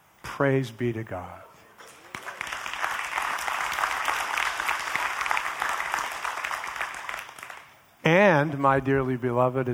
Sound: applause